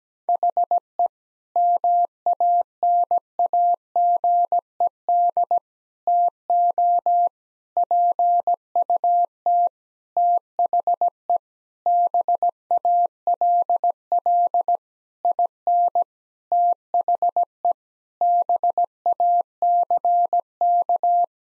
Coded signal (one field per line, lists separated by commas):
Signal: Morse code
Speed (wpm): 17 wpm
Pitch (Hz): 700 Hz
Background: none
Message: HE MANAGED TO PUT THE BALL IN THE BACK